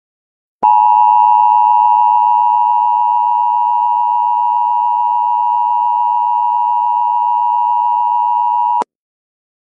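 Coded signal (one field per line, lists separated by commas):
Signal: Emergency Alert System (SAME) tones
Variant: 853 and 960 Hz attention tone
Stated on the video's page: Fictional alert tones in a simulated Halloween uprising scenario, with some sounds from Five Nights at Freddy's.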